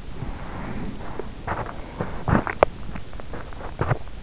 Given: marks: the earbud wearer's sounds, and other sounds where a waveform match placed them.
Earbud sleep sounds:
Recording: sounds in sleep by an in-ear microphone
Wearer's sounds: body movement, teeth grinding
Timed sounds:
0.09-4.23 s: body movement
1.38-4.02 s: teeth grinding

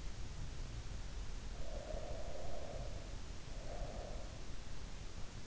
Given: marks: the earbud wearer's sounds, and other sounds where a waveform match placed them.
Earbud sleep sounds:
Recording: sounds in sleep by an in-ear microphone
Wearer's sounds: breath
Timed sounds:
1.44-4.31 s: breath

